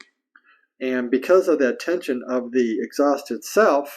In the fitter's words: it snaps right into place